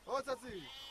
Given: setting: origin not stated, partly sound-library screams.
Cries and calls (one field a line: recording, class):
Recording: one-second piece from a danger detection set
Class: normal situation